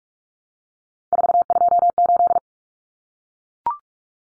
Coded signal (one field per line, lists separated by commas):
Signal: Morse code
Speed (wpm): 44 wpm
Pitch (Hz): 700 Hz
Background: none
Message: 428